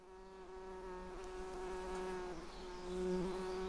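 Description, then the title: Bumblebee buzzing, a steady low droning hum throughout that swells near the end. Recorded on Schanzenstrasse, Dresden, Germany. "Schanzenstrasse, Dresden, Deutschland - bumblebee"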